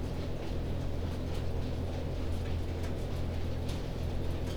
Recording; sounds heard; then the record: poultry house recording; no chicken sound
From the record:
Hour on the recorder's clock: 21